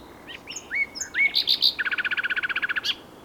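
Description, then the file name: Common nightingale phrase: a few rising whistles followed by a fast, even trill of many clear notes. "Luscinia megarhynchos"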